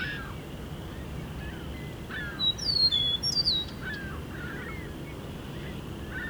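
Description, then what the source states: Eastern Meadowlark song: one bright, sweet whistled phrase of slurred descending notes, with scattered low chirps of other birds and a continuous insect hum behind. Lone male singing for several minutes from a tree near the recordist, one evening around dusk, at a meadow sanctuary in Ontario.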